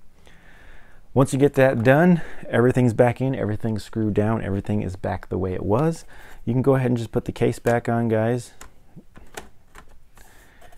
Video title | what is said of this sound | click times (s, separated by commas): PNY 500GB 2.5” SATA-III SSD Upgrade Kit with Transfer Cable and Software. My tutorial & Review. | And it kind of pops in there a little bit. | 9.4 s, 9.8 s